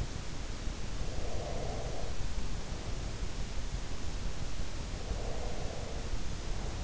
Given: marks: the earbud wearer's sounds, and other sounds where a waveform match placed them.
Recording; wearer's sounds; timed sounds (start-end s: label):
sounds in sleep by an in-ear microphone; breath
1.09-3.29 s: breath
5.07-6.84 s: breath